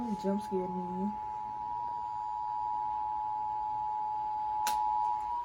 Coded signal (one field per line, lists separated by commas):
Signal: Emergency Alert System (SAME) tones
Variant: 853 and 960 Hz attention tone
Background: speech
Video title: Last Georgia RMT of 2022 + NWR Weeklys (EAS #610-628)